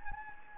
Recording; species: mosquito wingbeat signal from an infrared sensor; Anopheles gambiae